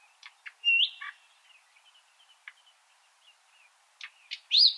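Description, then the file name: Common nightingale song of short clicks, a bright upslurred whistle, soft low notes and a final sharp rising-falling whistle. "Luscinia megarhynchos"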